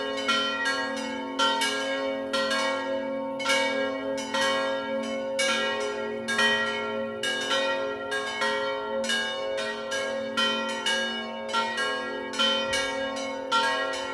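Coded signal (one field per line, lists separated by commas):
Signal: bell signal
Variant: distesa ringing, three bells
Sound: several church bells swinging and ringing continuously in overlapping rhythmic strokes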